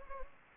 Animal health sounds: mosquito wingbeat signal from an infrared sensor; Anopheles gambiae

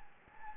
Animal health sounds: mosquito wingbeat signal from an infrared sensor; Anopheles gambiae

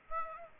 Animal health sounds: mosquito wingbeat signal from an infrared sensor; Aedes aegypti

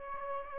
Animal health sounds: mosquito wingbeat signal from an infrared sensor; Aedes aegypti

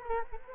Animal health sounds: mosquito wingbeat signal from an infrared sensor; Culex quinquefasciatus

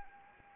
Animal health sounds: mosquito wingbeat signal from an infrared sensor; Anopheles arabiensis

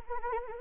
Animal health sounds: mosquito wingbeat signal from an infrared sensor; Anopheles arabiensis

